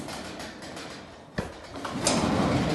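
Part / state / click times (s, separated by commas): spring tension ratchet on a roll-up storage unit door / seated / 1.4 s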